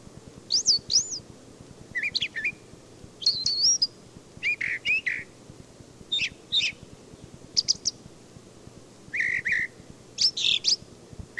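Brown thrasher singing varied short phrases of high whistles, slurs and chirps, many repeated in quick pairs, separated by short pauses.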